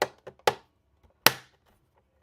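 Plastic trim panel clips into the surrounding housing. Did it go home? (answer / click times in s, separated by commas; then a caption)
yes / 0.5 s, 1.3 s. The last clips of a plastic trim panel are pressed into the surrounding housing, giving loud, sharp snaps at 0.5 s and 1.3 s, with softer taps before them. The panel snaps fully home and is seated.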